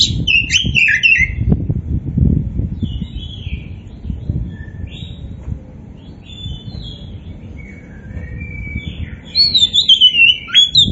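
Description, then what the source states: Oriental magpie-robin song, loud whistled and slurred phrases opening and closing the stretch, with quieter notes between over a steady low rumble. Indonesian variety kacer poci, described as gacor, singing vigorously.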